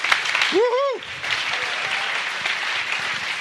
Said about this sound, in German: Komm, lass uns nochmal unseren Sprechern einen kräftigen Applaus geben.